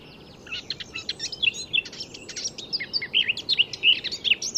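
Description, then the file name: Eurasian blackcap song, a busy scratchy chatter building into louder clear whistled notes toward the close. "Sylvia atricapilla"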